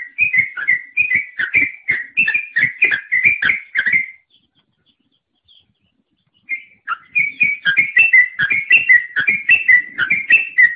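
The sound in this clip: Bird song of rapid whistled notes repeated in quick bursts, pausing midway before resuming the same busy whistling.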